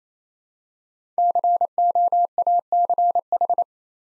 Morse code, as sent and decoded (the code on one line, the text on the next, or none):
-.-. --- .- -.-. ....
COACH